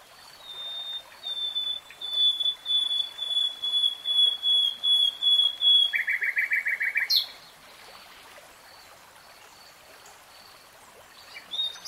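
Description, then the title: Nightingale song: a long series of pulsing high whistles, then a rapid, dry trill of lower repeated notes, followed by a quiet pause. Real-time recording. "[Tiếng chim hót] Nightingale Singing"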